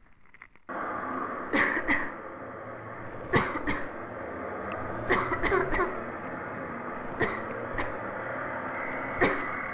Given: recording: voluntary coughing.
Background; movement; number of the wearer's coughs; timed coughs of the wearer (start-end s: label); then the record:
traffic; sitting; 10
1.53-1.82 s: cough
1.82-2.11 s: cough
3.22-3.60 s: cough
3.60-3.86 s: cough
4.99-5.39 s: cough
5.39-5.71 s: cough
5.71-5.93 s: cough
7.10-7.37 s: cough
7.71-8.00 s: cough
9.10-9.46 s: cough
From the record:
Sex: female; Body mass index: 18.3 kg/m2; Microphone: on the chest, facing the body